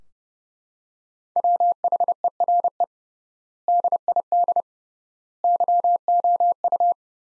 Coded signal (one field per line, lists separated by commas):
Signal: Morse code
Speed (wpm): 32 wpm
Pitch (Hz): 700 Hz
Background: none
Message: WHERE DID YOU